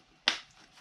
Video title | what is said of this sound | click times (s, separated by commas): DOLLAR TREE VALUE CRAFTING/awesome gift combo/ easy SKINNY NOTEPADS & SKINNY PURSES | you can hear that snap so now we can attach our handle | 0.3 s